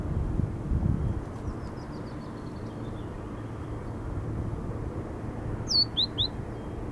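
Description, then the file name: Great tit calls: a faint descending series of thin notes early on, later three or four loud, sharp downslurred notes near the end, over steady low traffic-like rumble. "Parus major"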